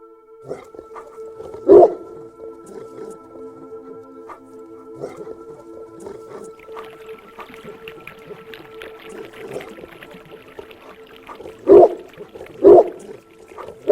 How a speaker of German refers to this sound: Als Antwort erscholl in der Dämmerung tiefes Gebell, und aus dem Garten kam ein mächtiger Hund mit spitzen Ohren, grauem Fell und einem Halsband mit Goldbeschlägen auf den Balkon gesprungen.